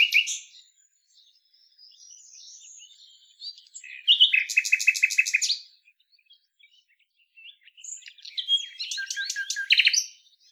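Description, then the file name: Common nightingale song: short varied phrases, a soft chattering passage, then a loud rapid burst of repeated harsh notes and another fast, rich phrase near the end. "Luscinia megarhynchos"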